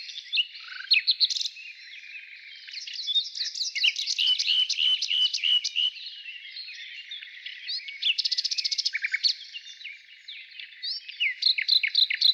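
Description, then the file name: Nightingale song with fast repeated chips and a rattling trill among varied notes. Morning. "Utro i solovey"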